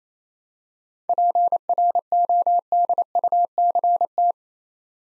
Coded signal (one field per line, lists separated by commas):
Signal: Morse code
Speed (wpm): 27 wpm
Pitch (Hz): 700 Hz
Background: none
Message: PRODUCT